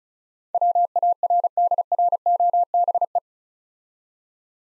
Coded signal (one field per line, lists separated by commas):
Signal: Morse code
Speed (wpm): 35 wpm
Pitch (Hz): 700 Hz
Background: none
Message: WARDROBE